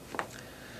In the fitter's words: are lined up and just push down and when you hear the click